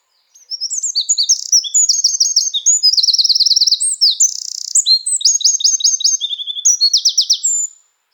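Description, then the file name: Eurasian Wren song: an explosive, high-pitched stream of rapid notes and buzzy trills, continuing for over seven seconds. "Troglodytes troglodytes"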